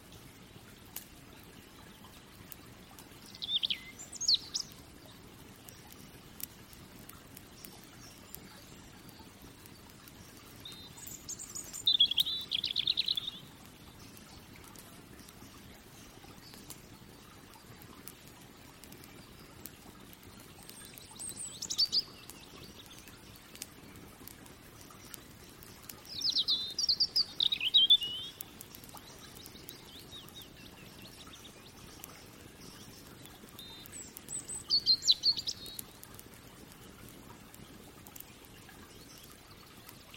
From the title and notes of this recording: Relaxing Fireplace & Nature Sounds.